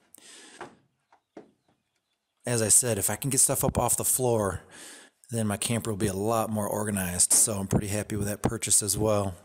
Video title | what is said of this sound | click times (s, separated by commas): Enclosed Cargo Trailer to Camper Conversion - Part 2 of 3 | and then it just snaps right in | 0.2 s